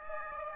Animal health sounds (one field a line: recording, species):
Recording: mosquito wingbeat signal from an infrared sensor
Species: Aedes aegypti